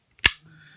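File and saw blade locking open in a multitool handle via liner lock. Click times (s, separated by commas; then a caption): 0.3 s. The file-and-saw blade of a metal Kilimanjaro Magnus multitool, which opens left-handed, is swung open until its liner lock snaps into place. A faint tick at 0.2 s is followed by a sharp, bright click at 0.3 s that quickly decays into a low, quiet hum. The blade seats and locks firmly in the multitool handle.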